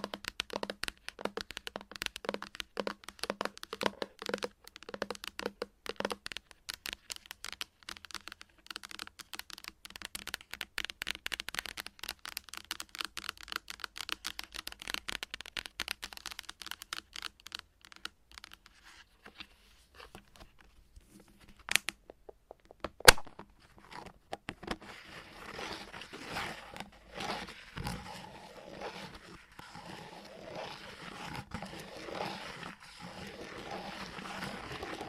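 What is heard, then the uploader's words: Chalk is tapped and scratched in quick, dense bursts of sharp clicks for the first twenty seconds. After a quieter stretch with a few louder cracks around twenty-two and twenty-three seconds, a steadier, grainier scraping fills the last ten seconds. ASMR Playing With Chalk Asmr Tapping and Scratching No Talking.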